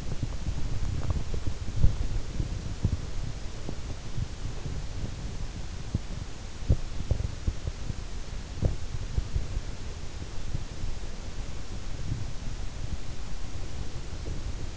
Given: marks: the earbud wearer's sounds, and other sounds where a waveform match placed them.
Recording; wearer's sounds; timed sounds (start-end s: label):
sounds in sleep by an in-ear microphone; body movement
0.00-14.77 s: body movement